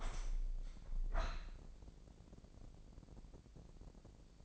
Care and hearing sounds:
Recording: daily activity, microphone in the room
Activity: open window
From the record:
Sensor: 5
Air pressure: 1012.6 hPa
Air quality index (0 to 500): 160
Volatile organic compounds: 2 ppm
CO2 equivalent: 1083 ppm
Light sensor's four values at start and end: 107/257/108/120 and 106/256/108/120

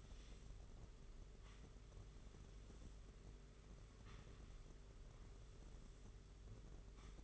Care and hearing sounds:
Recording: daily activity, microphone in the room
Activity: sweep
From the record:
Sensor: 4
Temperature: 27.1 degrees Celsius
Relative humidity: 38.3%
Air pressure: 992.2 hPa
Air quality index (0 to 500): 110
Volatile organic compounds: 18 ppm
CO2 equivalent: 2631 ppm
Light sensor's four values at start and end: 23/79/29/31 and 23/79/29/31

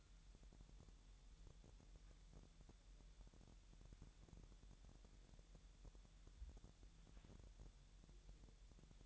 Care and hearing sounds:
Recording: daily activity, microphone in the room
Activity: wipe stove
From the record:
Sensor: 3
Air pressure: 1000.9 hPa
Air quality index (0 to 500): 248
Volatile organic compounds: 176 ppm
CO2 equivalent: 4127 ppm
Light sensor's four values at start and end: 12/29/12/12 and 12/29/12/12

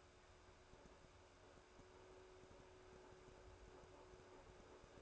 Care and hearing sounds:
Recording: daily activity, microphone in the room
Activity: make coffee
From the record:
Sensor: 2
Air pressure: 1014.6 hPa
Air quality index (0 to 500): 189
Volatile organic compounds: 17 ppm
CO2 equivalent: 2595 ppm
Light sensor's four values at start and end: 4/10/3/4 and 4/10/3/4

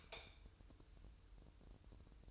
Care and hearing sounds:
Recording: daily activity, microphone in the room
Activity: light off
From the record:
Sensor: 2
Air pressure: 988.3 hPa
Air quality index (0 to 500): 190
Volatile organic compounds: 182 ppm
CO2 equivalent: 4150 ppm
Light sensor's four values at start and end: 11/34/13/14 and 6/16/6/7

